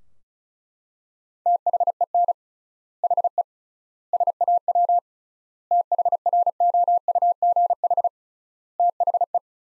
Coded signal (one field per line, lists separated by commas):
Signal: Morse code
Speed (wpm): 34 wpm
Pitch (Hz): 700 Hz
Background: none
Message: THEN HE SAW THROUGH THE